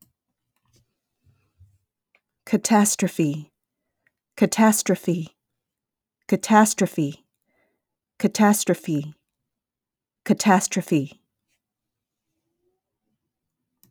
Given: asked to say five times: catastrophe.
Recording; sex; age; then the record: repeated word; female; 20 to 29 years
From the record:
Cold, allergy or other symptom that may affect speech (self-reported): no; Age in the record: 29 years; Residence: California, United States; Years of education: 16